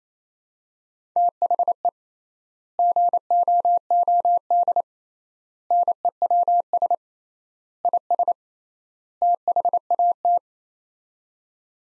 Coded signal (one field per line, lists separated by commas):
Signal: Morse code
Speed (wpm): 28 wpm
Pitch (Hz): 700 Hz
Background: none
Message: THE GOOD NEWS IS THAT